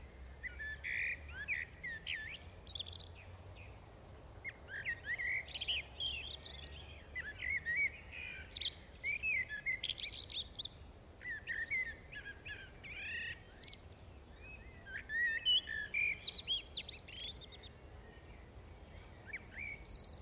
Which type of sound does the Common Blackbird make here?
song